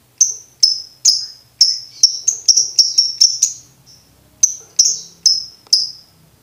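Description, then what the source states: Lovebird chatter of sharp, high, falling notes, spaced irregularly and bunching into a quicker run midway before slowing again. Master recording for lovebirds to learn ngekek song.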